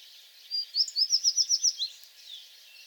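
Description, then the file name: American tree sparrow song: a bright run of several quick, high sweet notes in a steady series, ending in a softer slurred tail, against faint background hiss. Recorded 28 April 2022; several songs. "2022-04-28 American Tree Sparrow songs"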